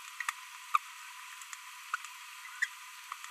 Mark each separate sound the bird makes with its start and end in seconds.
0.74-0.77, 2.62-2.65